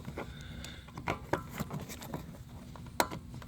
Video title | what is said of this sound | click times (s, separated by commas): How to replace a mazda tribute heater core | that one snapped on so | 3.0 s